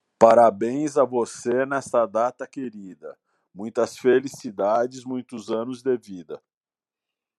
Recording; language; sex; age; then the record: short text; Brazilian Portuguese; male; 50 to 59 years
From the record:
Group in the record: control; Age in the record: 58 years